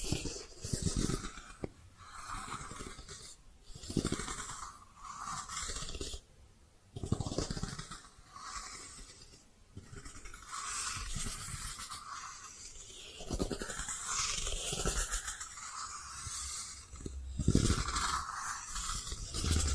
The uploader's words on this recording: ASMR Your Brain is Fluffy Like Cloud Cozy Brushing, Squishy Triggers for Sleep (No Talking).